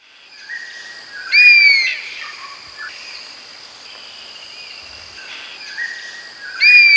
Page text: Oriental Honey Buzzard Call. Quick Sounds library